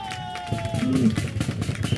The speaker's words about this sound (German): Großen Applaus an ….